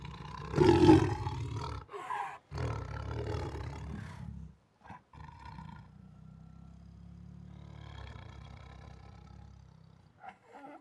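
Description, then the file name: Siberian tiger opening with a loud harsh roar, then rumbling growls and a long steady low growl fading out, ending with a brief snarl. Protective growls, roars and snarls. "Siberian Tiger Protective Growls, Roars and Snarls 1 [Sound Ideas]"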